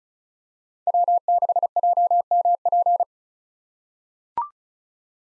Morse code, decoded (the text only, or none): W6JMP